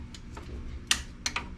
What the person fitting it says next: You hear that click?